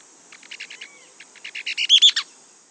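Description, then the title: Mouse-colored tyrannulet song: a run of short chippy notes that grows louder, ending in a few emphatic bright notes, with a thin high insect drone behind. Subspecies Phaeomyias murina murina. "LuckyPassaro Completos2Sama. Mouse-colored Tyrannulet (Phaeomyias murina murina)"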